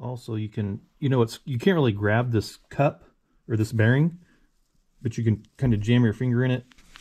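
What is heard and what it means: On a bench, a man talks while handling the cup/bearing of an adjustable steering knuckle ball joint, jamming a finger into it to turn it because it can't really be grabbed. Only speech is heard; the steel locking pin has not clicked into engagement yet and nothing has seated.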